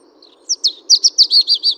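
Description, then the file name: European robin delivering a fast, even series of several sharp, high chirping notes after a few thin introductory notes. "Erithacus rubecula"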